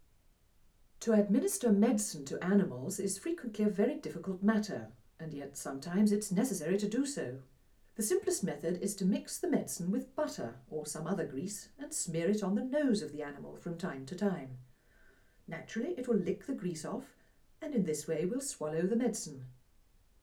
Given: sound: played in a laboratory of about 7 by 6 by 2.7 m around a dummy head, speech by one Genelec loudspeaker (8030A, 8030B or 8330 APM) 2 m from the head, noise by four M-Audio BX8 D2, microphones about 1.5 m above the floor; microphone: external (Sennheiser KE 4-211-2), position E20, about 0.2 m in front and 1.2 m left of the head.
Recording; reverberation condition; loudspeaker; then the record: female speech in English; low; in front (0 degrees)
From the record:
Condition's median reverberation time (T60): about 310 ms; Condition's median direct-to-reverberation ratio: about 3.5 dB